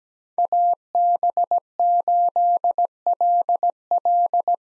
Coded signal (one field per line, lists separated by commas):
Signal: Morse code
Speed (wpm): 17 wpm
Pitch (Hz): 700 Hz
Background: none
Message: AB8LL